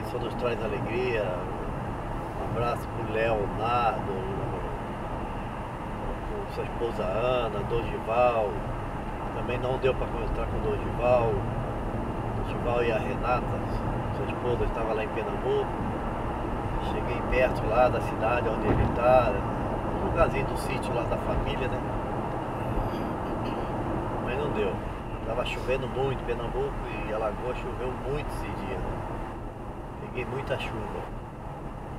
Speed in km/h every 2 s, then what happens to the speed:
91, 91, 91, 93, 94, 94, 95, 96, 96, 95, 93, 91, 91, 89, 87, 88.
0-32 steady at about 91.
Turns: none.